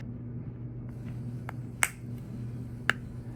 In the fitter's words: As you can tell from my attempt, once that top right section was seated, they popped in pretty easy.